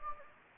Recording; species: mosquito wingbeat signal from an infrared sensor; Anopheles gambiae